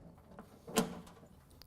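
The power cord of a welding gun is pushed into the socket of a Wielander & Schill WS60 machine and twisted to lock. A faint tick at 0.4 s leads to a sharp, bright click at 0.8 s as the twist-lock connector locks, followed by a small tick at 1.6 s. The cord is seated and locked in place.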